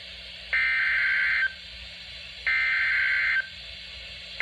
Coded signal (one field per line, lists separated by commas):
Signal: Emergency Alert System (SAME) tones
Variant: header bursts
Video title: EAS doubleheader severe thunderstorm warning and special marine warning